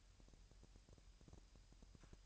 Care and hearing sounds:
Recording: daily activity, microphone in the room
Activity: take from stove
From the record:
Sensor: 2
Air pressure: 1001.9 hPa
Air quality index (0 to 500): 248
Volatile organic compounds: 36 ppm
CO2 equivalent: 3083 ppm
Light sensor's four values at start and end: 5/11/4/5 and 5/11/4/5

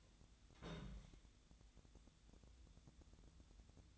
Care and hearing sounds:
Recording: daily activity, microphone in the room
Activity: place on stove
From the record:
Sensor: 3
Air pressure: 1010.0 hPa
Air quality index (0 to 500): 185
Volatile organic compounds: 13 ppm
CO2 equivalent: 2415 ppm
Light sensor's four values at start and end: 38/94/40/43 and 39/97/42/45

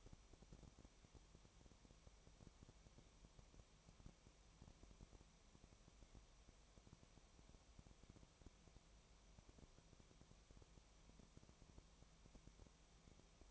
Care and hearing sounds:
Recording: daily activity, microphone in the room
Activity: no activity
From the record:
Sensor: 1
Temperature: 19.4 degrees Celsius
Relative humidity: 35.7%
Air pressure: 1003.3 hPa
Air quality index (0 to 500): 113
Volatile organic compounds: 2 ppm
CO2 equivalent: 1258 ppm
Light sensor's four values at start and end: 1/2/1/1 and 1/2/1/1

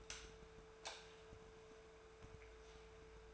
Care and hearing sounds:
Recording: daily activity, microphone in the room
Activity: light off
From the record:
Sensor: 2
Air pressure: 1014.6 hPa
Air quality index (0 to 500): 188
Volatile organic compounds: 15 ppm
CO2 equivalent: 2482 ppm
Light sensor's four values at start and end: 13/38/15/15 and 8/21/8/9

